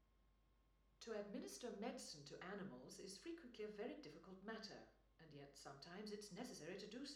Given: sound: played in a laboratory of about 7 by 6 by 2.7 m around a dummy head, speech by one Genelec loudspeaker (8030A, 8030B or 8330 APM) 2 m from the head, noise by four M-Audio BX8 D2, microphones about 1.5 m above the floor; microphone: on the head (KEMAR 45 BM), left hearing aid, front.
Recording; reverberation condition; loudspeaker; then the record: female speech in English; medium; 90 degrees to the left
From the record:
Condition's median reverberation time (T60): about 510 ms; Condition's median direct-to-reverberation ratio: about -0.5 dB